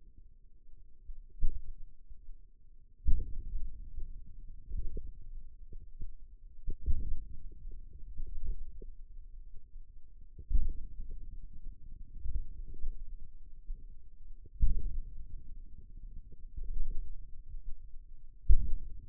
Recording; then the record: forearm muscle sounds (acoustic myography)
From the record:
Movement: outward rotation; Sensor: system 2, bracelet of six BSWA MPA416 microphones around the upper forearm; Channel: 3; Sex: male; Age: 22 years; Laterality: right